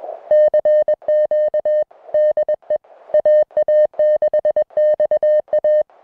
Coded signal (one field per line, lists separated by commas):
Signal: Morse code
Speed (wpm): 21 wpm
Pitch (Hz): 610 Hz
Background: music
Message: CQ DE AA6XA